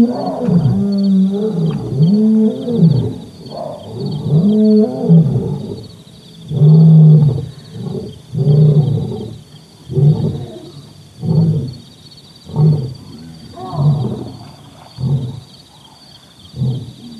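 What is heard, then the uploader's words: A lion roars, starting with long, deep moaning calls and then breaking into a series of short, throaty grunts about once a second that fade toward the end. A steady high insect drone runs underneath throughout. Chief's Island, Okavango Delta. My last night, on Chief's Island by Hippo Hide, I heard one briefly, and fell asleep with the mic pointed in its direction. Recorded by Brian House for the Okavango Wilderness Project. Sound Devices 702 digital recorder with Sennheiser 418 stereo shotgun microphone (M/S).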